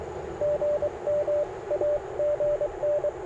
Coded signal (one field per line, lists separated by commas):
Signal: Morse code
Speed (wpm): 22 wpm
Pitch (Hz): 590 Hz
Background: radio noise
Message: GM AGN